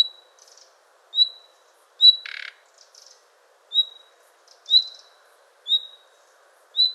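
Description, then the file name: Common nightingale calls: a clear whistle repeated about once a second, with a short dry rasping burst after one note. "Luscinia megarhynchos"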